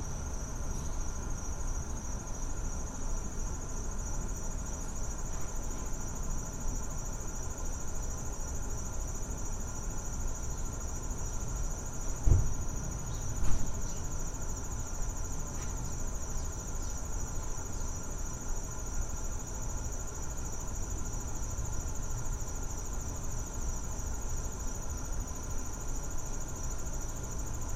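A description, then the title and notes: A back yard on a Saturday, filled with a steady high insect chirring, probably crickets, that runs unbroken throughout. Beneath it sits a low constant rumble, possibly traffic. A couple of sharp knocks stand out around twelve and thirteen seconds. The sounds of a back yard on a Saturday in August.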